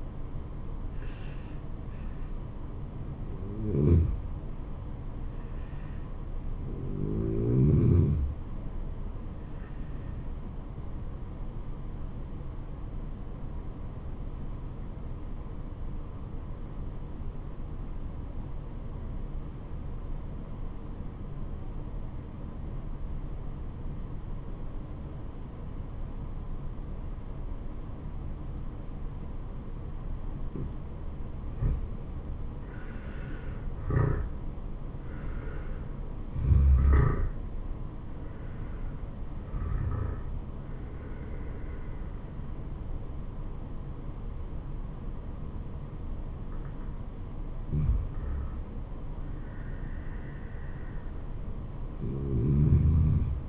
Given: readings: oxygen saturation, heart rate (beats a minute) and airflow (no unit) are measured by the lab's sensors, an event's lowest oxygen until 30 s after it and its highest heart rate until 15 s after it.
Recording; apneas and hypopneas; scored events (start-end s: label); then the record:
breathing in sleep by a smartphone at the bedside; 1
12.00-33.30 s: obstructive apnea (N2, oxygen 96% highest, then 86% lowest, heart rate 77 at the start, 77 highest)
From the record:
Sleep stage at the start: N2 (light sleep); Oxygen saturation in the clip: 86 to 96%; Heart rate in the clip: 65 to 77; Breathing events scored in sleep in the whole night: 426 in 7.4 hours asleep